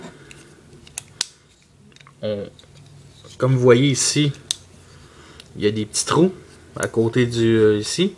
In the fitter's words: Ici, on déclipse.